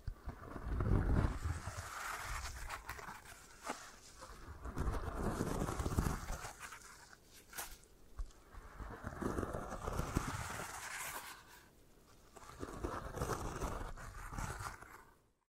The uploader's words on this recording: ASMR Hypnotic Triggers for Sleep 3D Eye Massage, Tapping, Scratching (No Talking).